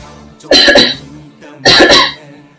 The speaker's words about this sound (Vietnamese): Một hơi cười, hắn lại nặng nề ho lên.